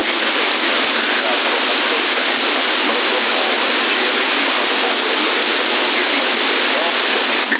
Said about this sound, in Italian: Sono di nuovo qua, ha iniziato a piovere. Niente, sta piovendo, aspetta che c'è roba fuori io.